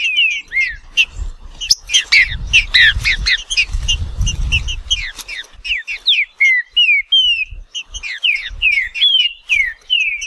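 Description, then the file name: Green-winged saltator giving a long run of down-slurred whistles and short chips, with low rumbling noise in the first half. "canto do trinca ferro"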